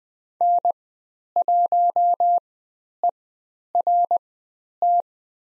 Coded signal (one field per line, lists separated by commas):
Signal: Morse code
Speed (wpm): 20 wpm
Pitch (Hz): 700 Hz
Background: none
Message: N1ERT